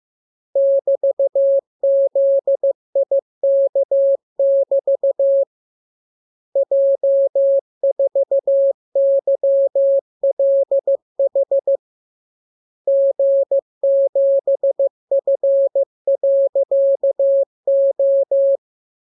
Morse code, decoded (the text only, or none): <BT>ZIK<BT> J4YLH G7F.O